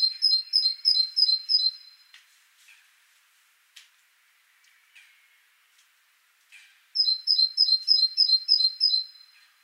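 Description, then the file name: Great tit song in two runs of rhythmic two-note pairs, separated by a quiet stretch with a few sharp ticks. "Parus major"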